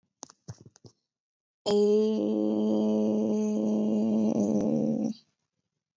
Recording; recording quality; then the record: sustained vowel as in made; excellent, no background noise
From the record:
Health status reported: exposed to COVID-19, no respiratory illness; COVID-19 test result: negative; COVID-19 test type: RT-PCR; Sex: female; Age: 23 years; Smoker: no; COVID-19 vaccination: both doses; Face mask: not worn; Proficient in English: yes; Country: India